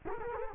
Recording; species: mosquito wingbeat signal from an infrared sensor; Culex quinquefasciatus